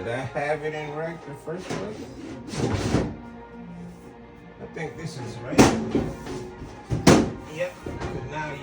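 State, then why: Seated. After struggling to fit it from underneath, a steel drawer piece is repositioned and pushed home into the drawer assembly of a DEVAISE 2-drawer metal cabinet while someone talks over background music. A sharp snap at 7.1 s marks the part seating into place, and it is no longer moving.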